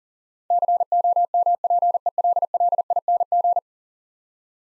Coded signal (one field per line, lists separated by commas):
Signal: Morse code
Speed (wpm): 40 wpm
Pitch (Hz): 700 Hz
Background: none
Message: COMPELLING